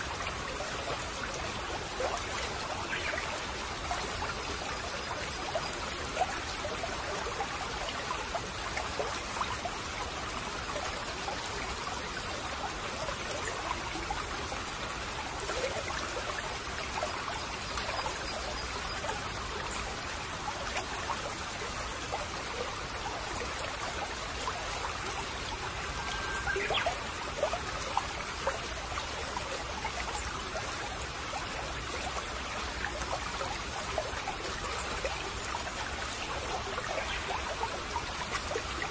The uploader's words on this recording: Forest stream. РУЧЕЙ В БЕРЕЗОВОМ ЛЕСУ.